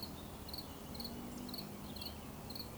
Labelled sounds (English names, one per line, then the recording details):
Eurasian Woodcock whistle
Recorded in Baden-Württemberg, Germany, on 11 June 2020 at 19:30 UTC
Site 24578, 122 m above sea level